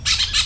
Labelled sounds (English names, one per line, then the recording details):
Brown-throated Parakeet contact call
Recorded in Venezuela
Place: PN Cerro Saroche, Tierras del Sr. Polo, Edo. Lara
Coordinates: 10.171, -69.518